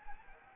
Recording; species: mosquito wingbeat signal from an infrared sensor; Anopheles arabiensis